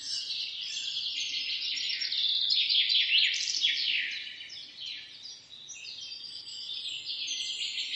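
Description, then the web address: Birds chatter in a thick chorus of fast, high chirps that surge early, ease off briefly, then build again toward the close. "sounds animals birds"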